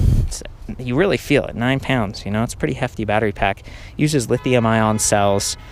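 A spring-loaded key is twisted and held while a 9-pound lithium-ion battery pack is pulled off the frame mount of a Magnum Cruiser electric bike, giving a short sharp sound at 0.4 s as it comes free. Someone talks throughout, and the battery pack is released from the mount.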